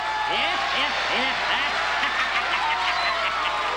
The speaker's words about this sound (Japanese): 惜しくも敗れた弱冠12歳の小さな孫選手に惜しみない拍手をお送りください。まったくよく戦いました孫選手。そして優勝のジャッキー選手にもう一度盛大な拍手をどうぞ。